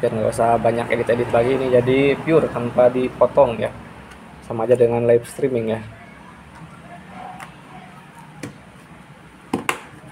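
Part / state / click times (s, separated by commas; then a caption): RAM module into motherboard memory slot / seated / 9.5 s, 9.7 s. Someone talks for the first six seconds while a RAM stick is pressed into a DIMM slot on an RX7 B75 LGA 1155 motherboard for a Core i5 3470 build. After a quiet stretch with a faint tap near 8.4 s, two sharp clicks at 9.5 s and 9.7 s mark the plastic retention clips snapping shut. The module is seated.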